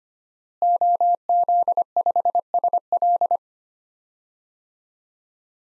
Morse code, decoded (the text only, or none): OZ5SL